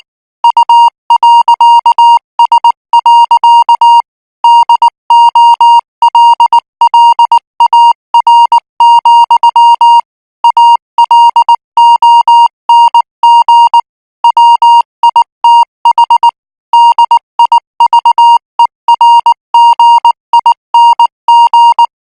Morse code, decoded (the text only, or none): U.S. DOLLAR, ALONG WITH DIVERGING